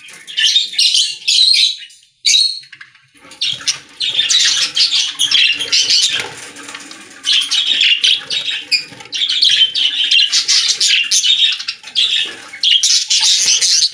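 Budgerigar calls, a few sharp squawks, then nearly continuous buzzy warbling chatter with fast chirps and squeaks.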